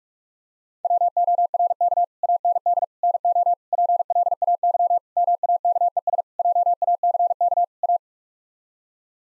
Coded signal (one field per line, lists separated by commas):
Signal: Morse code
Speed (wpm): 41 wpm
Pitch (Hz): 700 Hz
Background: none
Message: WORK AND NO PLAY MAKES JACK A